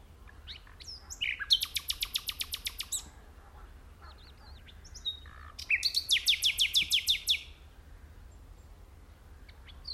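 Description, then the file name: Common nightingale song: two phrases, each a rapid, even series of loud clicking or rattling notes, the second more tonal and ringing. "Luscinia megarhynchos"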